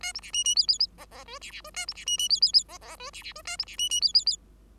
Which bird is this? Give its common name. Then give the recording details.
Bengalese Finch. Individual Bird5